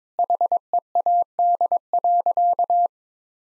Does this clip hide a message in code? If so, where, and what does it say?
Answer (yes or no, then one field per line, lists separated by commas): yes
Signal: Morse code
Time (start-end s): 0.2-2.9 s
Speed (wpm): 22 wpm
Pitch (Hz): 700 Hz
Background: none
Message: HEAD.